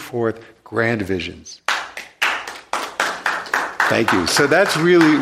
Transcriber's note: applause